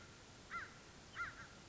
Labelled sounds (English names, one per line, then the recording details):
American Crow
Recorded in Sonoma County, California